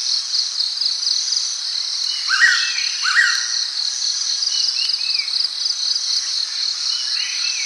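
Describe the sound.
Moluccan pitta calling, two clear slurred whistles about a second apart, then fainter similar notes, over a steady high insect drone.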